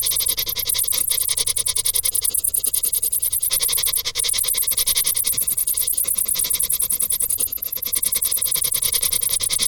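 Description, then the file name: Cricket chirping, a bright shrill pulsing trill carrying on steadily, with a few short dips. "Grillen"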